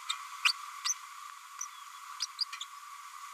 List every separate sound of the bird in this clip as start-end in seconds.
0.45-0.52, 0.84-0.94, 2.20-2.26, 2.40-2.45, 2.60-2.64